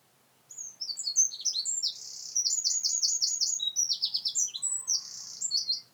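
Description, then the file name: Eurasian wren singing a long, vigorous burst of rapid high trills and chattering notes, clear over quiet surroundings. "Troglodytes troglodytes"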